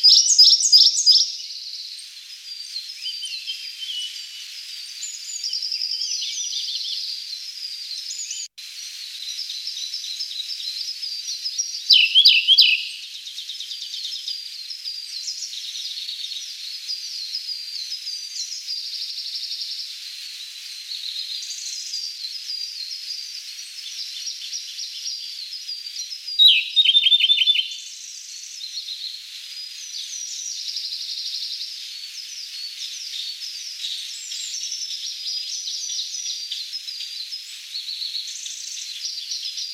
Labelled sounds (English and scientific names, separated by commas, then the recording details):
Siberian Blue Robin (Luscinia cyane) song
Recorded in the wild
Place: Khekhsir Schutzgebiet, Khekhtsirskiy Gosudarstvennyi Prirodnyi Zakaznik, RU
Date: 1994-05-26
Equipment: Dat-Recorder Casio DA 7, Telinga DAT, Telinga-Parabolspiegel
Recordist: Schwarz, Dieter